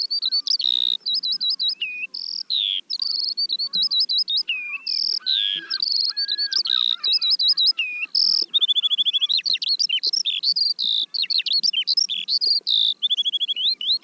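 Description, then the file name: Eurasian skylark pouring out a long, breathless song of high looping whistles, quick trills and chirps, barely pausing throughout. "veldleeuwerik"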